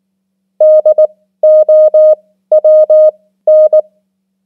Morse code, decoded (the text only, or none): DOWN